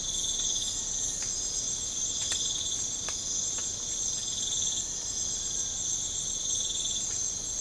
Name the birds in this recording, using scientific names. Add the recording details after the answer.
none. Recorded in pastures near Puerto Asís, Putumayo, Colombia, on 20 December 2024 at 04:30. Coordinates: 0.496, -76.326. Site G004